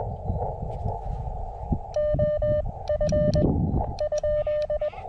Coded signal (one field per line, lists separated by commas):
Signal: Morse code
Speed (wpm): 20 wpm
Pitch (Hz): 590 Hz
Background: none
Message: O F ?